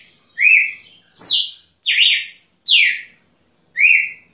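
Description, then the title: Red-cowled cardinal singing clear whistled phrases, a mix of upslurred and steeply downslurred notes, five in under five seconds, with quiet pauses between. Female singing. "Canto Galo Campina Fêmea. Galo de Campina"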